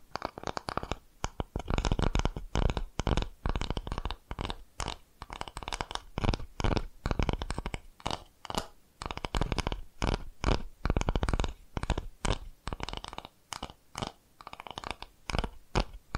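Tapping triggers fill the whole stretch as a dense run of short, sharp taps, several per second, with an uneven, shifting rhythm. Each tap is crisp with a soft low thump beneath, and brief pauses break the flow every few seconds.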